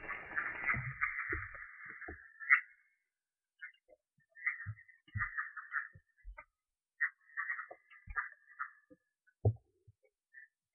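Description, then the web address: Red-eyed tree frog calls: short dry clucking notes in irregular clusters, preceded by a longer noisy burst, with low knocks between them. "phyllomedusidae Agalychnis-callidryas"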